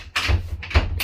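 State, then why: Not seated. A cabin door on a Pursuit 326 DC / 325 OS boat is pushed shut against its doorway strike to test a complaint that it won't close or latch. Broad thuds and rattles hit at about 0.2 s and 0.6 s as the door strikes and bounces back, with more rattling near the end. The latch has not caught or clicked into its strike, and the door stays unlatched.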